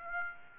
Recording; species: mosquito wingbeat signal from an infrared sensor; Aedes aegypti